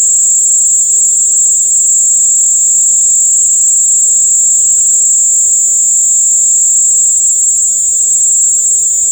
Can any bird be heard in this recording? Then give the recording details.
no. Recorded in pastures near Puerto Asís, Putumayo, Colombia, on 26 December 2024 at 19:00. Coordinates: 0.497, -76.327. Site G088